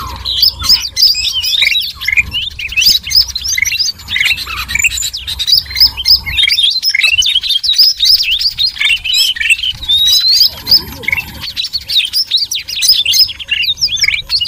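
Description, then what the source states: Twittering bird flock, constant overlapping high chirps and short whistles, with one clear rising whistle partway through. Noisy bird sounds used as a lure (pikat) to attract birds.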